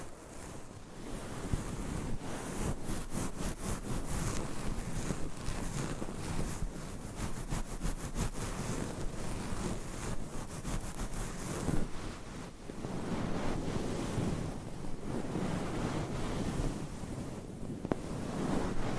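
Dense scratching of long nails on a microphone, with rapid rasping strokes, a brief lull near twelve seconds, then steady rustling resuming.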